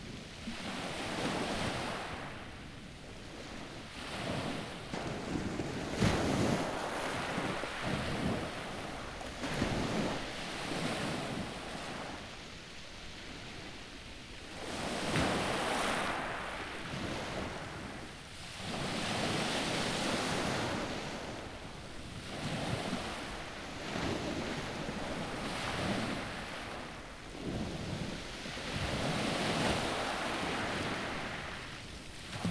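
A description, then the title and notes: Evening waves wash over a pebble beach in repeated surges every few seconds, with a steady wind rushing beneath the rolling hiss. Evening Waves on Pebble Beach. Brighton UK.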